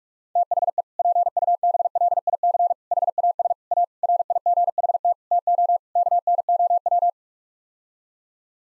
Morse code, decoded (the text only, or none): THE PUBLIC HAS A RIGHT TO KNOW